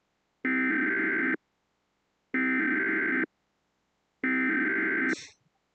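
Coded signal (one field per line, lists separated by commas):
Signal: Emergency Alert System (SAME) tones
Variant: header bursts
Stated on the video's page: Fictional EAS scenario tones.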